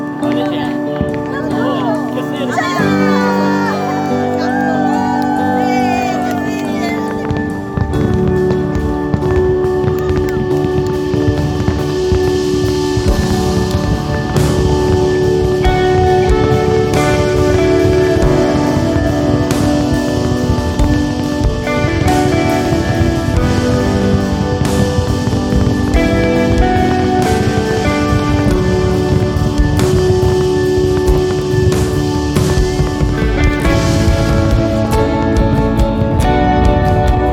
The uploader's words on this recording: Madeira Island Fireworks. Madeira Island is well know by its awesome New Year's fireworks! My view is a bit high up in the mountains.